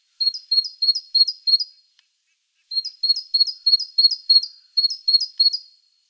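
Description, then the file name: Great tit song: a run of five sharp, high, two-part notes, a short pause, then a longer run of the same notes. "Parus major"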